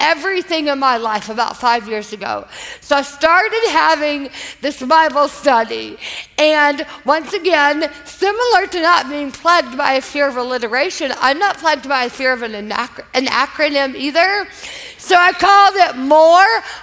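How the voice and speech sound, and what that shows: A woman tells a story to a live audience in a high-pitched voice, with pauses breaking up her phrases, strongly nasal vowels, creaky moments and weak, blurred consonants. The speech stays understandable. This is dysarthria after a massive brainstem stroke many years earlier, following years of recovery.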